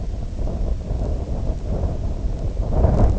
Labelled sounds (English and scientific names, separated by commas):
none